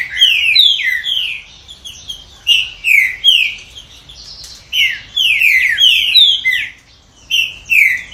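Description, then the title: Green-winged saltator song with bright, slurred whistles falling in pitch, given in several bursts separated by quieter gaps. "Trinca Ferro"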